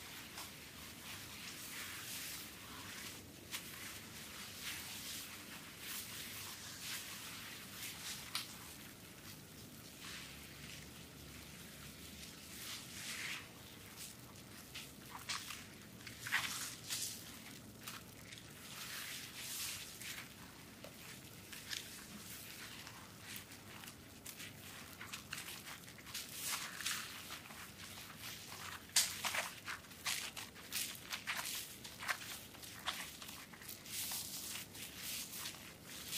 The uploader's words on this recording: ASMR soap massage with relaxing sounds.